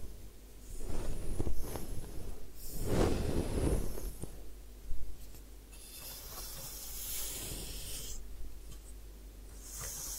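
Hair wash and scalp massage at a head spa: irregular rubbing and scratching with bursts of soft hiss, and a steady low hum underneath.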